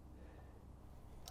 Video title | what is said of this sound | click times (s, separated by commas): GPS Base Set-Up Take-Down | Make sure it clicks in. Once it taps in, it clicks in, you're good to go with that one. | 1.3 s